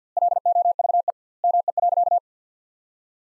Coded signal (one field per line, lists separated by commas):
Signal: Morse code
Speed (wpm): 48 wpm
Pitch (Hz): 700 Hz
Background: none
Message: LOVE ME.